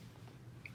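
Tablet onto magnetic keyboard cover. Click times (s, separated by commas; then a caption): 0.7 s. A tablet is placed onto its magnetic keyboard dock, with a low steady hum beneath. A short, sharp snap at 0.7 s marks the tablet clicking magnetically into position and seating properly.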